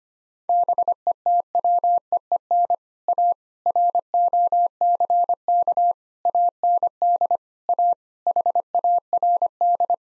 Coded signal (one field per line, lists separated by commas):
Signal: Morse code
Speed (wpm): 25 wpm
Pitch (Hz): 700 Hz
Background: none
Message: BETWEEN A ROCK AND A HARD